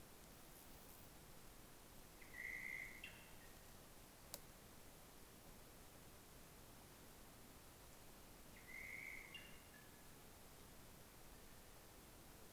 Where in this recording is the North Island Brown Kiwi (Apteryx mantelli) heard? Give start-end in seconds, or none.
none